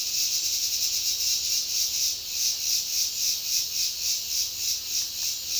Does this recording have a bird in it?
no